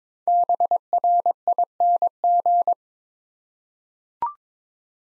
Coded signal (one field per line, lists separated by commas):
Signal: Morse code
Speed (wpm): 23 wpm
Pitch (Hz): 700 Hz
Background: none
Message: BRING